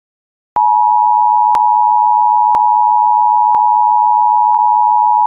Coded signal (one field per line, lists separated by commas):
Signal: Emergency Alert System (SAME) tones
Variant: 853 and 960 Hz attention tone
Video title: EAS: Wilkes-Barre/Scranton Airport attack scenario